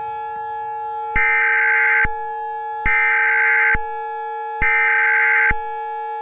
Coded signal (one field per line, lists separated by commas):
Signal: Emergency Alert System (SAME) tones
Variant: header bursts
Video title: EAS Scenario: Pet Semetary